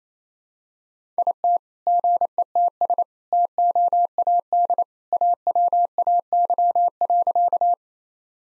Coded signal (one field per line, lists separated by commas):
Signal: Morse code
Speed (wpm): 27 wpm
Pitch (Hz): 700 Hz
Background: none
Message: IT GETS TOAD AWAY.